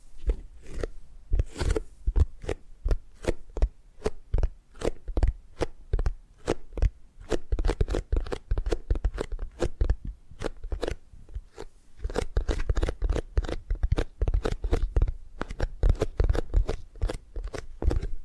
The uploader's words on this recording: ASMR Tapping and Gripping Sounds for Sleep(No Talking).